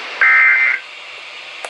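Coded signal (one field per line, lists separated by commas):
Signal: Emergency Alert System (SAME) tones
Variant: end-of-message bursts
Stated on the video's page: Real alerts: severe thunderstorm warnings and special marine warnings.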